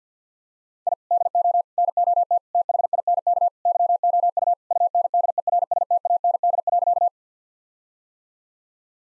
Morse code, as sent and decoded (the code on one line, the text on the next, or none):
.. / -.. --- / -. --- - / - .... .. -. -.- / -.-- --- ..- / ..- -. -.. . .-. ... - .- -. -.. .-.-.-
I DO NOT THINK YOU UNDERSTAND.